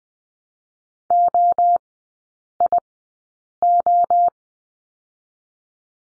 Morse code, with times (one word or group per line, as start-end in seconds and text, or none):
1.1-1.8 O
2.6-2.8 I
3.6-4.3 O